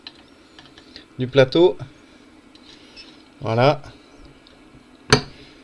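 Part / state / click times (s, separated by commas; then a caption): build plate on the resin 3D printer's Z-arm mount / released / 5.1 s. After the two screws on a resin 3D printer's build plate are loosened, the metal plate on the Z-arm mount drops loose with a sharp small click at 5.1 s. Someone talks before the click, with a few faint taps in between. The plate is released and can now move freely for levelling.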